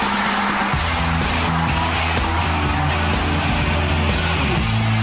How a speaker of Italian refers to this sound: Traffico. C'è traffico, come diceva quel famoso spot, non si interrompe così un'emozione, hai capito?